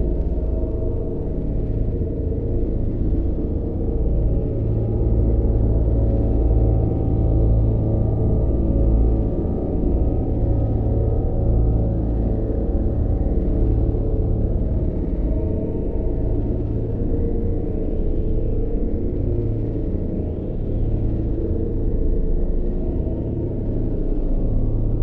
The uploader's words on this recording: Hyperdrive Space Engine And Control Room by OneAmbient4.